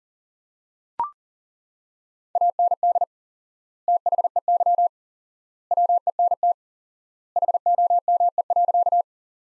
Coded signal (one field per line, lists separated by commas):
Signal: Morse code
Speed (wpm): 40 wpm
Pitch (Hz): 700 Hz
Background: none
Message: AND THEY WENT HOME.